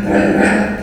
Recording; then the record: squeal of a Yucatan mini pig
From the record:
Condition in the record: after surgery on the right vocal fold (resection and tissue-engineered implant); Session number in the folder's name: 1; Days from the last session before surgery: 13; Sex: female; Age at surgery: 19 weeks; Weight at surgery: 25 kg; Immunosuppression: prednisolone